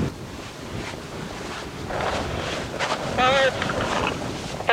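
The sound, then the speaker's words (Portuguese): A steam explosion as a man throws a gallon of water into a volcano's lava: a steady, roaring hiss like rushing wind that swells slightly, with a short high voice cry rising above it near the end. “O cara jogou um galão de água. Olha a merda que deu.”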